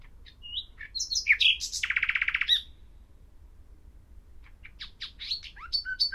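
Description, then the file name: Common nightingale song: whistled and chattering notes leading into a fast rattling trill, a short silence, then a new phrase of quick varied notes. "Luscinia megarhynchos"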